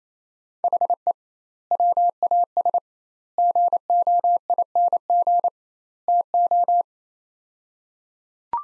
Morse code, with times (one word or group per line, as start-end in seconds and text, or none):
0.6-1.1 HE
1.7-2.8 WAS
3.4-5.5 GOING
6.1-6.8 TO